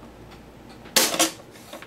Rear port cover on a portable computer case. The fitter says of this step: and snaps into place down here and we have our standard ports we have